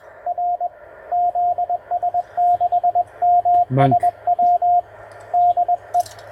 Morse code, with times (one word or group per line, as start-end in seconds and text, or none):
0.3-0.7 R
1.1-4.8 ZS6MSW
5.3-6.0 DE